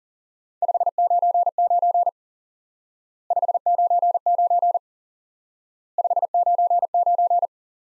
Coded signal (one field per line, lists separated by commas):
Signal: Morse code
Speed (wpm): 37 wpm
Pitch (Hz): 700 Hz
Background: none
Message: 599 599 599